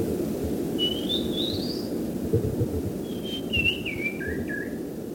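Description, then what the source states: Oriental magpie-robin singing: a rising whistled phrase, a pause, then a chain of descending slurred whistles against a constant low background rumble. Training recording (masteran) used to tutor songbirds.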